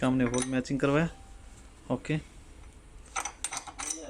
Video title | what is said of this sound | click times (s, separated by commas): Hook Boom Loader 545/70100 / how to fit Hook Boom loader 540-170 | ये इसका lock हो गया, पिन | 3.4 s